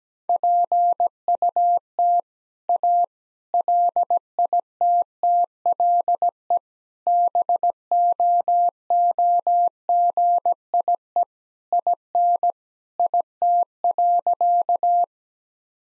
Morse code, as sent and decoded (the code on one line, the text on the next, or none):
.--. ..- - / .- / .-.. .. - - .-.. . / -... --- --- --. .. . / .. -. / .. - .-.-.-
PUT A LITTLE BOOGIE IN IT.